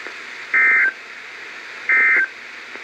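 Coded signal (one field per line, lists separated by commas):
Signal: Emergency Alert System (SAME) tones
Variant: end-of-message bursts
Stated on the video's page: Coastal flood warnings now sent with SAME tones over NOAA weather radio stations run by NWS Upton, instead of 1050 Hz tone only.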